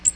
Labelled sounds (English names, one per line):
Magnolia Warbler flight call